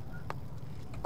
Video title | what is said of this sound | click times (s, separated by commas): 2002 PREVOST LIBERTY COACH EXCELLENT CONDITION $249,950 | click away is the electronics compartment | 0.3 s, 1.0 s